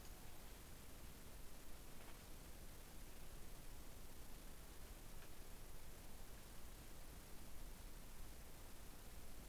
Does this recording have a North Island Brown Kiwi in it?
no